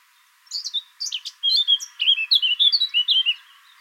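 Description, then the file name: Eurasian blackcap singing a rapid, chattering warble of high, bright notes that grows denser after a brief opening phrase, with no other clear sounds. "Sylvia atricapilla"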